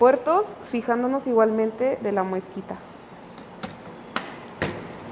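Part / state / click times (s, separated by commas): hard drive data cable connector into motherboard SATA port / seated / 4.2 s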